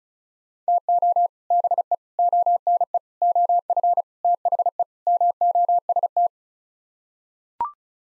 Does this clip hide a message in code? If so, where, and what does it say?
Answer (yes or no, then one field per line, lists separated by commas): yes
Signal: Morse code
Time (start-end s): 0.7-6.3 s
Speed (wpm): 34 wpm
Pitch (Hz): 700 Hz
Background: none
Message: TO BE ONE OF THE MOST